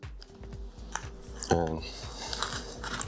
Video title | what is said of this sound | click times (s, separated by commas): Brainwavz Hybrid Earpads Installed on Sennheiser HD 598SE | the ring it'll start to click in place | 0.2 s, 1.0 s